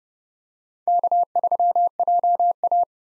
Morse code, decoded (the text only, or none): K3JA